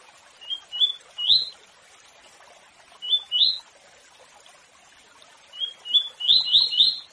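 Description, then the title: Seedeater song with soft lead-in whistles climbing to emphatic upslurred notes, three phrases in quick succession, the last longest and most rapid. Short song of the bird called papa-capim, rendered as tui tui. "Canto de Papa Capim. Canto Papa Capim Tui Tui curto"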